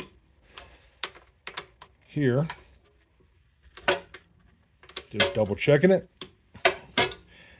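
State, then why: Torque reached. A torque wrench tightens the cylinder head nuts on a small Honda CT70 Trail 70 motorcycle engine to equal pressure, with several short metallic ticks along the way. Someone talks throughout. The wrench gives a sharp click at its setting at 6.2 s, confirming the nut is torqued.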